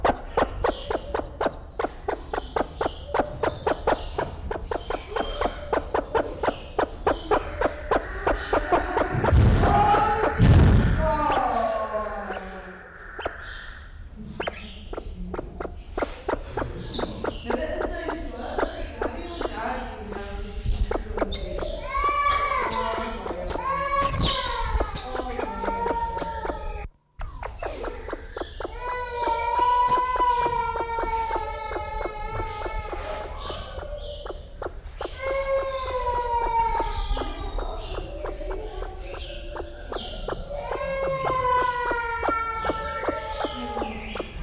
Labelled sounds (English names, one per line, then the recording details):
Great Argus call
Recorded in captivity
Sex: male
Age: adult
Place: Zoo Berlin, Berlin, DE
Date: 1994-03-05 11:38
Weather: heiter, 4°C, Windböen
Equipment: Marantz CP 430, Sennheiser ME 80, Kopie Uher Variocord 263
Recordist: Tembrock, Günter